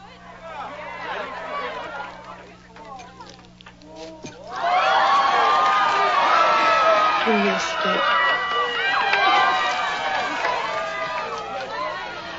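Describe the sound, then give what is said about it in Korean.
Friends at a wedding cheer as the bride throws her bouquet and is showered with confetti: excited chatter builds, then breaks into loud, sustained cheering and whooping about four seconds in, with many voices shouting together and staying raucous to the end. “부케를 던지고 친구들의 환호와 꽃가루 세례를 받으며 애니는 브라이언과 리무진을 탑니다.”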